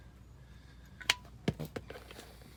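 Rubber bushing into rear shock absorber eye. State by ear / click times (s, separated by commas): not seated / none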